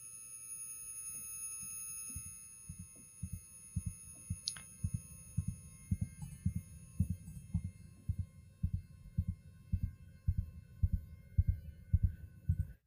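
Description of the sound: Simulated tinnitus after heavy gunfire and explosions: steady high-pitched ringing tones over muffled hearing, with a low, heartbeat-like throbbing pulse at about 109 per minute. It depicts an adult's temporary hearing loss from loud noise exposure.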